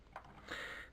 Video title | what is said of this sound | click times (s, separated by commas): G1 Blaster | slide its forearms up all the way until they snap into place and then | 0.2 s